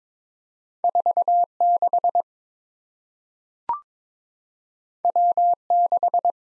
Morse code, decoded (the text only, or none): 46W6